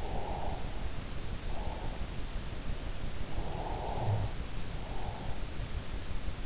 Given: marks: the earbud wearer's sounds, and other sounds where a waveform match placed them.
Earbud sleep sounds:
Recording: sounds in sleep by an in-ear microphone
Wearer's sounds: breath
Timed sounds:
0.12-2.06 s: breath
3.58-5.29 s: breath

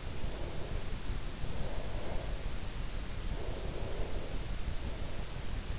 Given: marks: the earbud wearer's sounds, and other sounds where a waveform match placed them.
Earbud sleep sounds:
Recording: sounds in sleep by an in-ear microphone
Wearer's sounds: breath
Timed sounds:
0.14-2.88 s: breath
3.28-5.79 s: breath

